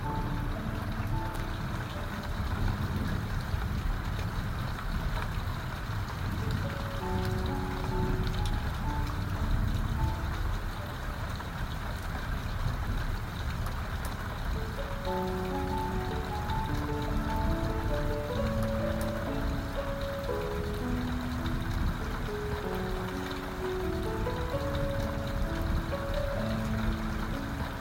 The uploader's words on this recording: The Rain.